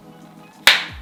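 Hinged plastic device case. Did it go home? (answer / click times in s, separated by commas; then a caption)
yes / 0.7 s. A foldable Samsung flip phone is snapped closed by hand, its top half swinging onto the bottom half so the two halves meet at the hinge. After a quiet stretch of faint low hum, one sharp, bright snap lands at 0.7 s and fades out quickly as the phone clicks shut with a satisfying sound.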